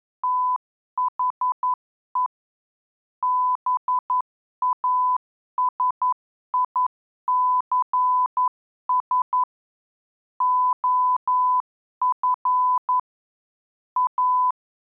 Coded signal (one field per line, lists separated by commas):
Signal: Morse code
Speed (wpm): 11 wpm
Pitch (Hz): 1000 Hz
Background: none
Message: THE BASICS OF A